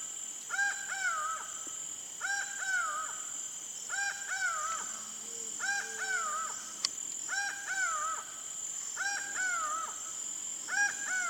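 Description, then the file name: Laughing Falcon calls: paired harmonic notes, the second falling, repeated at a regular pace in a steady series, with a faint insect hum and a brief low tone midway. Recorded in the Pantanal. "Acaua"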